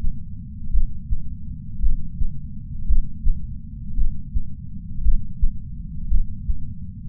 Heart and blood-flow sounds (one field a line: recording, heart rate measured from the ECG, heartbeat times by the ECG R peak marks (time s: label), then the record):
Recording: heart sounds by patch sensor on the chest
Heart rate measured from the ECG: 56 bpm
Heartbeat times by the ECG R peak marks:
0.71 s: heartbeat
1.81 s: heartbeat
2.87 s: heartbeat
3.96 s: heartbeat
5.03 s: heartbeat
6.09 s: heartbeat
From the record:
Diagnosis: coronary artery disease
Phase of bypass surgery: preoperative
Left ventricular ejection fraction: 63.3%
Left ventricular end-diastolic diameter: 44 mm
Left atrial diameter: 35 mm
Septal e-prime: 7 cm/s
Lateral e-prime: 10.5 cm/s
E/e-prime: 9.8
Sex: female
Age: 68 years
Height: 161 cm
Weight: 66.6 kg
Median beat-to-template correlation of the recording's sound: 0.94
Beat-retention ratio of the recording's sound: 0.99